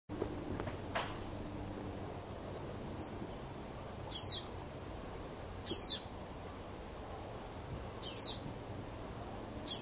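Yellow-bellied nectar bird calls: sharp, high, downslurred chips repeated about every one and a half to two seconds over a soft, steady background hiss.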